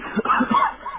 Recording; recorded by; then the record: voluntary cough; telephone call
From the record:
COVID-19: positive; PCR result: checked with the laboratory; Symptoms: no